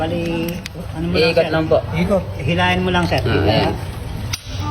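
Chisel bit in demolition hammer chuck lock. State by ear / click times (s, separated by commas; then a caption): seated / 4.3 s. A chisel bit is locked into the chuck of a Zekoki demolition hammer by pulling back the lock sleeve while someone talks. A single sharp metallic click sounds at 4.3 s as the lock snaps home and the bit is seated.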